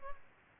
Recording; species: mosquito wingbeat signal from an infrared sensor; Culex pipiens